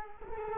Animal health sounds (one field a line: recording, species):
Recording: mosquito wingbeat signal from an infrared sensor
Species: Culex quinquefasciatus